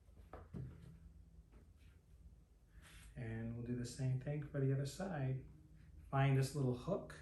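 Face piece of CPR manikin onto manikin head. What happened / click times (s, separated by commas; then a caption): The plastic face piece snapped onto the head / 0.3 s. The plastic face skin of a CPR training manikin is pressed over the notch by the ear so that side locks onto the manikin head. A single sharp knock is heard at 0.3 s as it seats, followed by someone talking.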